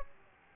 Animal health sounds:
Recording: mosquito wingbeat signal from an infrared sensor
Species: Aedes aegypti

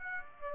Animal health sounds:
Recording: mosquito wingbeat signal from an infrared sensor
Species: Aedes aegypti

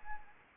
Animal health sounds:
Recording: mosquito wingbeat signal from an infrared sensor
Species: Anopheles gambiae

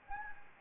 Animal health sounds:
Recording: mosquito wingbeat signal from an infrared sensor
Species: Anopheles gambiae

